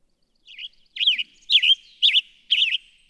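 Western tanager song, a string of five husky, up-and-down burry phrases delivered about twice per second.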